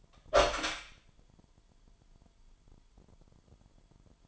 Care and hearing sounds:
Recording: daily activity, microphone in the room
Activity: open door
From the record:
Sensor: 5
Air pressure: 998.5 hPa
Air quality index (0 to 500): 82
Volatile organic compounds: 1 ppm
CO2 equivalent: 930 ppm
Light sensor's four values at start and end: 32/77/32/35 and 32/78/32/35

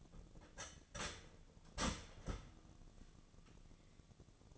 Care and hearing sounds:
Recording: daily activity, microphone in the room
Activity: start toaster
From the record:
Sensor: 4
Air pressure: 1001.0 hPa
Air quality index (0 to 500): 152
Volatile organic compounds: 2 ppm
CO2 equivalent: 1115 ppm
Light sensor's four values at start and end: 18/42/18/19 and 18/42/18/19

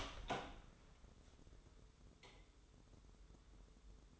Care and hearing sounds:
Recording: daily activity, microphone in the room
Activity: open door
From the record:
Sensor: 3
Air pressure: 1015.2 hPa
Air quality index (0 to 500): 181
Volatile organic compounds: 17 ppm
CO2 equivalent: 2596 ppm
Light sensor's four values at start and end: 16/40/16/17 and 16/40/16/17

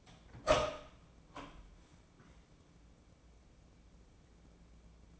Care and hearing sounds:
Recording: daily activity, microphone in the room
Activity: open door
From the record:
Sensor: 1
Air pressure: 1012.4 hPa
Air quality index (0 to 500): 160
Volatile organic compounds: 2 ppm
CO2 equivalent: 1316 ppm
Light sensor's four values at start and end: 847/1745/847/937 and 826/1698/826/912

